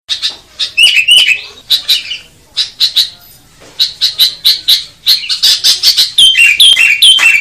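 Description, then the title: Bird song of loud, rapid chirps and harsh squawky notes, with brief pauses between bursts and clear whistled slurs near the end. Training recordings used to teach songbirds. "Masteran Burung"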